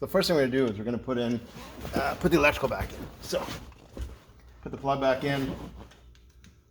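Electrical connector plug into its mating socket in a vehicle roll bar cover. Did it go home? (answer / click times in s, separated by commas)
yes / 6.1 s, 6.4 s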